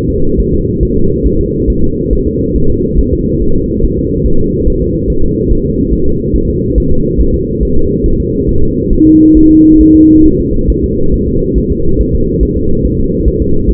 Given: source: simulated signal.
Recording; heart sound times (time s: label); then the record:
fetal heart sounds
0.10 s: S2
0.40 s: S1
0.54 s: S2
0.83 s: S1
0.97 s: S2
1.27 s: S1
1.41 s: S2
1.70 s: S1
1.84 s: S2
2.13 s: S1
2.27 s: S2
2.56 s: S1
2.70 s: S2
2.99 s: S1
3.13 s: S2
3.42 s: S1
3.56 s: S2
3.84 s: S1
3.98 s: S2
4.26 s: S1
4.40 s: S2
4.68 s: S1
4.82 s: S2
5.10 s: S1
5.24 s: S2
5.52 s: S1
5.66 s: S2
5.93 s: S1
6.07 s: S2
6.36 s: S1
6.50 s: S2
6.78 s: S1
6.92 s: S2
7.20 s: S1
7.35 s: S2
7.63 s: S1
7.77 s: S2
8.06 s: S1
8.20 s: S2
8.49 s: S1
8.63 s: S2
8.93 s: S1
9.07 s: S2
9.37 s: S1
9.51 s: S2
9.81 s: S1
9.95 s: S2
10.26 s: S1
10.40 s: S2
10.70 s: S1
10.84 s: S2
11.14 s: S1
11.28 s: S2
11.58 s: S1
11.72 s: S2
12.01 s: S1
12.15 s: S2
12.43 s: S1
12.57 s: S2
12.85 s: S1
13.00 s: S2
13.28 s: S1
13.42 s: S2
13.70 s: S1
From the record:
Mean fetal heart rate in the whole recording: 140 bpm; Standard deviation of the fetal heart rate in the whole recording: 2 bpm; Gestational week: 34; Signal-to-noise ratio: -17.7 dB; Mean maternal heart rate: 72 bpm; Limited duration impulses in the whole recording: present